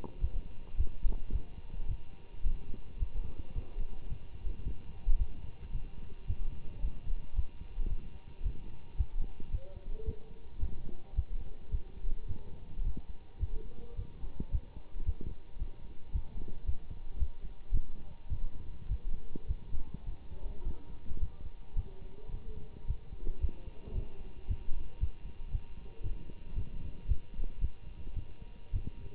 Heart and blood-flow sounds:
heart sounds by stethoscope; between the tricuspid and mitral areas; 109 bpm
0.20 s: heartbeat
0.76 s: heartbeat
1.31 s: heartbeat
1.87 s: heartbeat
2.43 s: heartbeat
2.99 s: heartbeat
3.54 s: heartbeat
4.09 s: heartbeat
4.64 s: heartbeat
5.18 s: heartbeat
5.72 s: heartbeat
6.26 s: heartbeat
6.81 s: heartbeat
7.35 s: heartbeat
7.89 s: heartbeat
8.43 s: heartbeat
8.97 s: heartbeat
9.51 s: heartbeat
10.05 s: heartbeat
10.60 s: heartbeat
11.15 s: heartbeat
11.71 s: heartbeat
12.27 s: heartbeat
12.83 s: heartbeat
13.39 s: heartbeat
13.95 s: heartbeat
14.51 s: heartbeat
15.05 s: heartbeat
15.58 s: heartbeat
16.12 s: heartbeat
16.65 s: heartbeat
17.18 s: heartbeat
17.72 s: heartbeat
18.28 s: heartbeat
18.88 s: heartbeat
19.46 s: heartbeat
20.05 s: heartbeat
20.63 s: heartbeat
21.19 s: heartbeat
21.75 s: heartbeat
22.31 s: heartbeat
22.86 s: heartbeat
23.40 s: heartbeat
23.94 s: heartbeat
24.47 s: heartbeat
24.99 s: heartbeat
25.51 s: heartbeat
26.03 s: heartbeat
26.55 s: heartbeat
27.07 s: heartbeat
27.60 s: heartbeat
28.15 s: heartbeat
28.72 s: heartbeat
From the record:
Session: Bruce protocol treadmill stress test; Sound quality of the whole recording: good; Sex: male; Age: 24 years

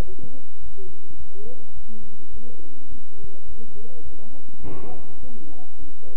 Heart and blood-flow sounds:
heart sounds by stethoscope; between the tricuspid and mitral areas; 104 bpm
0.04 s: heartbeat
0.61 s: heartbeat
1.17 s: heartbeat
1.74 s: heartbeat
2.31 s: heartbeat
2.89 s: heartbeat
3.46 s: heartbeat
4.03 s: heartbeat
4.61 s: heartbeat
5.20 s: heartbeat
5.79 s: heartbeat
From the record:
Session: bicycle stress test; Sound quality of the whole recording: good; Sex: male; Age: 23 years

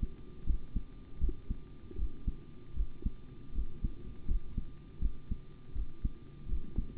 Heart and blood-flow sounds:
heart sounds by stethoscope; between the tricuspid and mitral areas; 80 bpm
0.44 s: heartbeat
1.19 s: heartbeat
1.96 s: heartbeat
2.74 s: heartbeat
3.52 s: heartbeat
4.26 s: heartbeat
4.99 s: heartbeat
5.73 s: heartbeat
6.46 s: heartbeat
From the record:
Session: rest, sitting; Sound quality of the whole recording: good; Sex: male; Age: 25 years

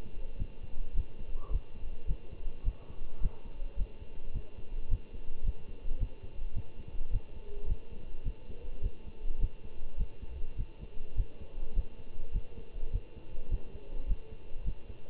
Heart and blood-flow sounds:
heart sounds by stethoscope; between the tricuspid and mitral areas; 105 bpm
0.37 s: heartbeat
0.94 s: heartbeat
1.50 s: heartbeat
2.06 s: heartbeat
2.64 s: heartbeat
3.20 s: heartbeat
3.76 s: heartbeat
4.33 s: heartbeat
4.89 s: heartbeat
5.43 s: heartbeat
5.98 s: heartbeat
6.54 s: heartbeat
7.11 s: heartbeat
7.66 s: heartbeat
8.23 s: heartbeat
8.81 s: heartbeat
9.39 s: heartbeat
9.97 s: heartbeat
10.56 s: heartbeat
11.15 s: heartbeat
11.74 s: heartbeat
12.32 s: heartbeat
12.91 s: heartbeat
13.49 s: heartbeat
14.07 s: heartbeat
14.64 s: heartbeat
From the record:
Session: Bruce protocol treadmill stress test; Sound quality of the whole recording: good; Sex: male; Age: 25 years

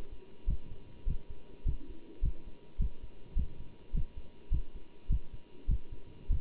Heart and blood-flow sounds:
heart sounds by stethoscope; between the tricuspid and mitral areas; 103 bpm
0.49 s: heartbeat
1.08 s: heartbeat
1.67 s: heartbeat
2.24 s: heartbeat
2.81 s: heartbeat
3.38 s: heartbeat
3.95 s: heartbeat
4.53 s: heartbeat
5.11 s: heartbeat
5.70 s: heartbeat
6.31 s: heartbeat
From the record:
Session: bicycle stress test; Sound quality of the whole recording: good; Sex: male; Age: 27 years

